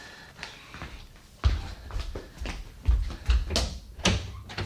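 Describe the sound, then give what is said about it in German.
A front door is unlatched and opened after a knock, with a series of dull wooden thumps and sharp clicks of the latch and handle spread over a few seconds, no voices. “Ja, ich hab's gehört. Ich mach schon auf.”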